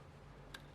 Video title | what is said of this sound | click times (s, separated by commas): Nintendo switch Lite 5.5 HDH 001 screen replacement | when everything is fit you'll get a click | 0.6 s